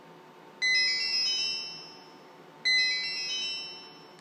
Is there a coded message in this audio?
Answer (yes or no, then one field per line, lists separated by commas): no